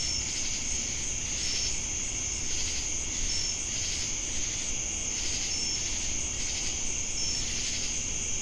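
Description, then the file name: Cricket chorus forms a constant high-pitched trill, brief sharp chirps recurring about every second or two, with throbbing insect buzz and faint low rumble beneath. Jamestown, North Carolina, USA, on August 10, 2018. "Crickets And Sacadas Jamestown NC"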